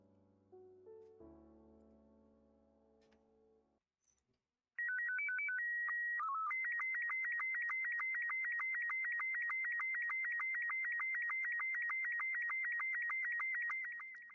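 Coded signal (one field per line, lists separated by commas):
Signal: SSTV (slow-scan television)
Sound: short piano music, silence, then rising beeps, a steady whistle and a long rhythmic warbling screech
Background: game music before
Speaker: use the file as if it were an sstv signal i tried this for an hour and i was unable to do it although the audio was clearly sstv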